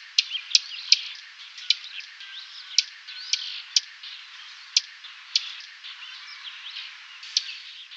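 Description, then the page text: Dusky warbler, hard dry clicking tack notes given singly at irregular intervals, with soft twittering from other birds in the background. "Dusky Warbler Call. Quick Sounds"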